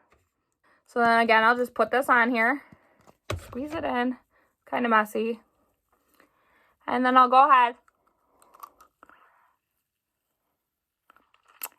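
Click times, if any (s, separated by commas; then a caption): 11.6 s. Someone talks while squeezing gel into a bottom clear plastic dental aligner tray, then presses it onto the lower teeth. Several faint crunchy sounds follow from about 8.6 to 11.1 s, and the loudest and latest hit at 11.6 s is the tray snapping into place, fully seated.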